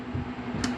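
A metal retaining clip is pushed by hand onto the dual-clutch input shaft of a Ford Fiesta/Focus automatic transmission. A steady low hum runs throughout, with a light metallic tick at 0.6 s. The clip is on but not fully seated.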